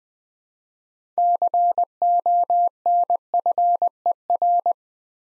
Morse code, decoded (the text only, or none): CONFER